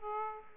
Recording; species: mosquito wingbeat signal from an infrared sensor; Aedes aegypti